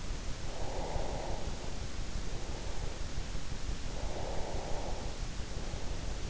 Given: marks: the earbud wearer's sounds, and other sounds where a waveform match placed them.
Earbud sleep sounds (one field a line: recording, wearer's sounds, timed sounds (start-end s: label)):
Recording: sounds in sleep by an in-ear microphone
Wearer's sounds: breath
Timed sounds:
0.30-2.80 s: breath
3.84-6.20 s: breath